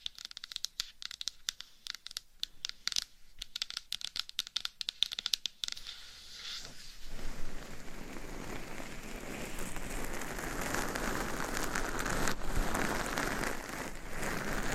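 Scratching and tapping on a dummy head mic's cover. For the first six seconds, quick bright taps and crackles come in uneven bursts with short gaps between them. From about seven seconds, a dense, steady, rain-like scratching rustle takes over and continues to the end.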